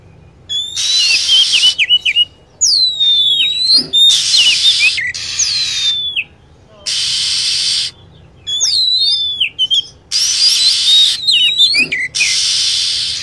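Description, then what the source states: Lovebird: repeated sharp chirps, falling whistled sweeps and trilled notes in quick clusters, separated by bands of loud hiss. Lure sound (pikat) used to attract lovebirds.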